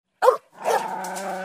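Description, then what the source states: Dog giving a single sharp bark, followed by a drawn-out whining whimper that holds steady. At a kennel.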